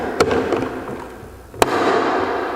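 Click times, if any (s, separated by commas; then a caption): 1.6 s. A filter frame is pushed into the plastic housing of an AGP DE25/DEP25 wet/dry vacuum dust extractor, and its tags snap in place. A softer knock sounds at 0.2 s, then a sharp, loud snap at 1.6 s as the frame seats, over a steady background hiss.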